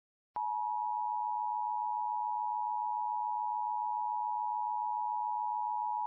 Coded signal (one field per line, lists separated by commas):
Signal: Emergency Alert System (SAME) tones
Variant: 853 and 960 Hz attention tone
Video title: EAS Pt. 3 of #23 / AMBER ALERT for California until 7:26 PM #shorts